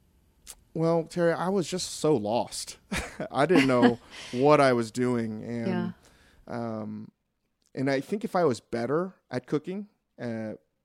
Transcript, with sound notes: Well, Terry, I was just so lost.
(LAUGHTER)
I didn't know what I was doing.
Yeah.
And I think if I was better at cooking,